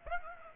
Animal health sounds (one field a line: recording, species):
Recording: mosquito wingbeat signal from an infrared sensor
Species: Aedes aegypti